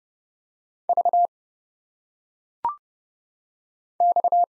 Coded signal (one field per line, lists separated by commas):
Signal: Morse code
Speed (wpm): 30 wpm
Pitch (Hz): 700 Hz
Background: none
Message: V X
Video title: Single Letters - Phonetic Pronunciation - 30wpm